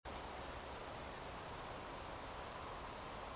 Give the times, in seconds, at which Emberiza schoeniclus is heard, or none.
0.94-1.19